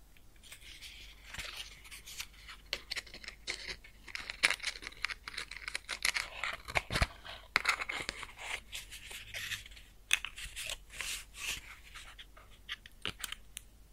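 A fire crackles and sizzles with dense, irregular snaps and pops throughout, bright hissy bursts clustering around seven and ten seconds.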